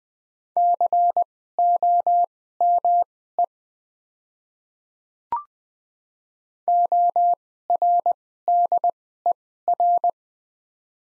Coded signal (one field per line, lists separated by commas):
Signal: Morse code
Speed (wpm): 20 wpm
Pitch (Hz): 700 Hz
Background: none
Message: COME ORDER